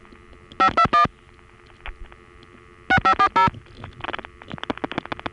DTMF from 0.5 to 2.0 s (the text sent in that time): 521